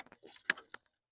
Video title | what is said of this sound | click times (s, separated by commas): 2021 Silverado 1500 Battery Replacement | So you kind of line it up. You kind of hear it click. | 0.5 s